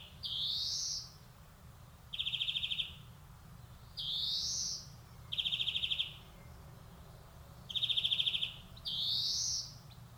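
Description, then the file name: European greenfinch song: rising wheezy notes mixed with short buzzy trills, separated by pauses. "Chloris chloris"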